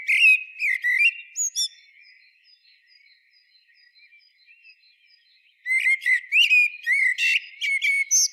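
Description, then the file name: Common blackbird singing: a fluty, twittering phrase, then soft faint notes during a quieter stretch, then a long run of mellow whistles mixed with high squeaky flourishes. "Turdus merula"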